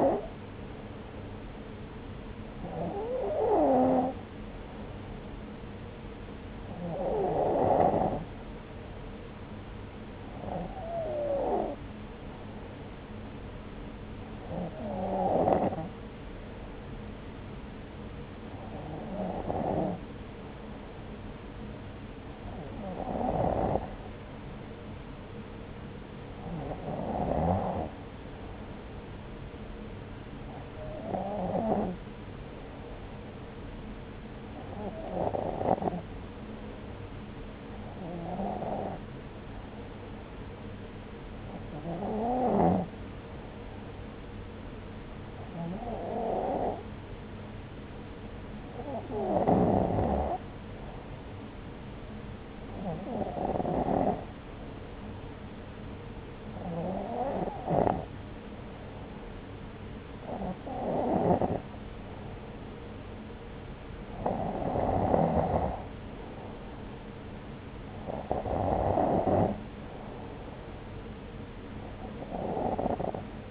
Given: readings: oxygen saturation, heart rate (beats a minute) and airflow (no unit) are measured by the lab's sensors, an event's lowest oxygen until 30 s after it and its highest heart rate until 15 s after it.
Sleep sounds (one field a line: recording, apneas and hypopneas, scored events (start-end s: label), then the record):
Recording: breathing in sleep by a voice recorder at the bedside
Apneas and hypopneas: none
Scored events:
none scored
From the record:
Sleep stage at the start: N2 (light sleep)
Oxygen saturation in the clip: 92 to 93%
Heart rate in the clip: 63 to 68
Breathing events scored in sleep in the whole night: 303 in 8.1 hours asleep